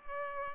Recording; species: mosquito wingbeat signal from an infrared sensor; Culex pipiens